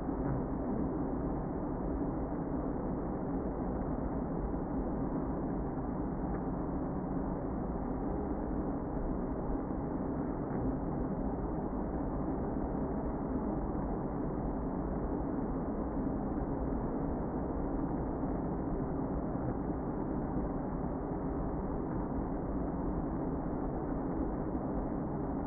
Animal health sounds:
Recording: honeybee colony, microphone inside the hive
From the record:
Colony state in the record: queen present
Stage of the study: before two queens were removed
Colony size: about 60,000 bees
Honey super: yes

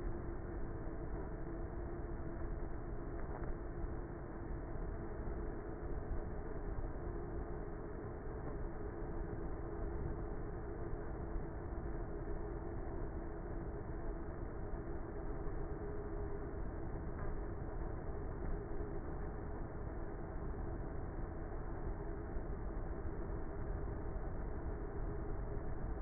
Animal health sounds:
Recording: honeybee colony, microphone inside the hive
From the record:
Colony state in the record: queenless with a low population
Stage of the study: before two queens were removed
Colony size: about 30,000 bees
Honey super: no

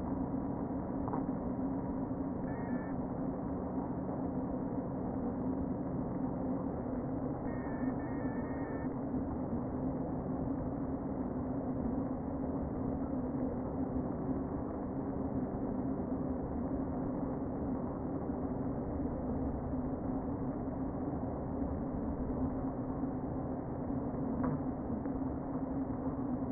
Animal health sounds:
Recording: honeybee colony, microphone inside the hive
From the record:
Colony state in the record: queen present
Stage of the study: before two queens were removed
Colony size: about 60,000 bees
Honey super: yes

